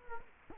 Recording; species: mosquito wingbeat signal from an infrared sensor; Culex quinquefasciatus